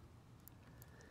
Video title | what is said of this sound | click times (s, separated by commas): Holy Stone HS360S SPYDI sub 250g Drone The best under $200 drone I've ever flown! Beginner drone! | and that was indeed correct it clicked right in so we're | 0.5 s